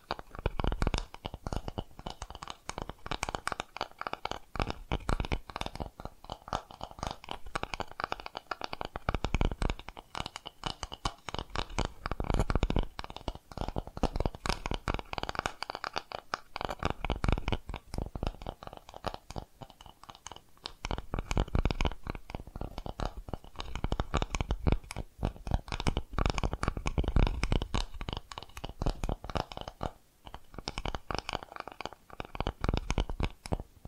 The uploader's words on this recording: ASMR Tapping Different Areas of Your Brain 3D Panning Triggers (No Talking).